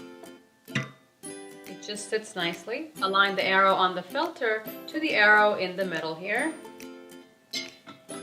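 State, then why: Not seated. A stainless steel mesh filter basket for a Breville 800JEXL Juice Fountain Elite juicer is set on top of the juicer base and lined up with the arrow on the drive coupling in the centre, ready to be pushed down. Someone talks over background music, with a few short handling knocks in the first seconds. Nothing has seated or clicked yet.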